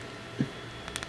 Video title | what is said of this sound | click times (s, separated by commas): McFarlane Izuku Midoriya review | there yeah it's on yeah I wish I had a more satisfying click but yeah but | 1.0 s